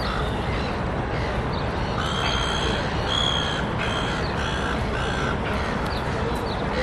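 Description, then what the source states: Gull calls, a few short cries over a loud steady city hum. Seagulls at Darling Harbour, Sydney, Australia, amid distant city hum.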